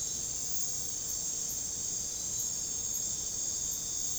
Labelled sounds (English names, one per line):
none